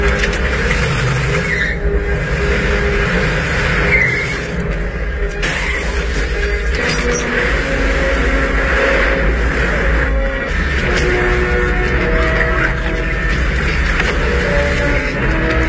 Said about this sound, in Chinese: 莉比见自己的计划落空，便铤而走险，趁莱曼下车买水的功夫，将汽车从渡船上驶入了大海。